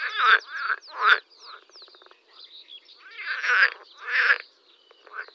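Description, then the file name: Water frog croaking in several loud, harsh bursts, with quick clicking pulse trains and softer croaks between them. "zelena zaba"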